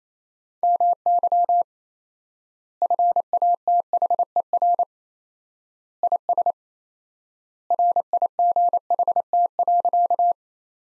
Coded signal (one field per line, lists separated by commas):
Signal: Morse code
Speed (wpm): 28 wpm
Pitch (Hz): 700 Hz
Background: none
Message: MY FATHER IS RIGHT.